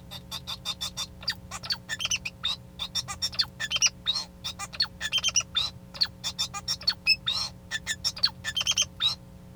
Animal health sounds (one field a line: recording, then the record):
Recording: song of a male Bengalese finch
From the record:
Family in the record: son of father 2